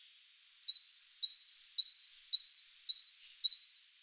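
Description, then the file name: Great tit giving a steady series of six high two-part notes, a downslurred chirp then a lower click, roughly every half second. "Parus major"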